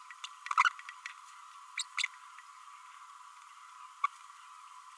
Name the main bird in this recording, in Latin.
Forpus passerinus